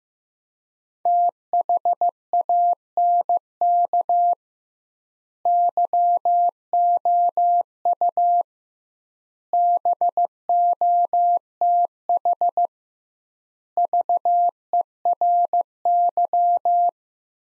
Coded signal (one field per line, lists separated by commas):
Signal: Morse code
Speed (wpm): 15 wpm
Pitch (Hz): 700 Hz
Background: none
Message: THANK YOU BOTH VERY